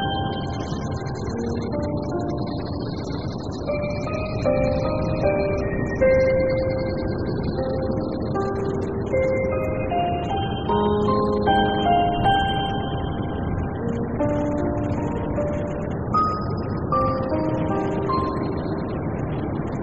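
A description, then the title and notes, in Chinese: Soft piano notes drift in a slow, scattered melody over a steady, dense bed of low rushing noise that never lets up. 自然·白噪音 - 场景+钢琴。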